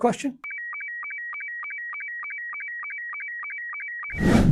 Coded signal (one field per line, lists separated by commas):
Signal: SSTV (slow-scan television)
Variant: Robot 72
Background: speech